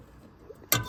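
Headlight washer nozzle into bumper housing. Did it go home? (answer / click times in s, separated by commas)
yes / 0.7 s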